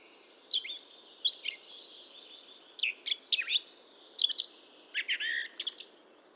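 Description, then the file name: Eurasian blackcap phrases: short bursts of sharp, sweeping high notes in separate clusters, over a steady low hiss of background noise. "Sylvia atricapilla"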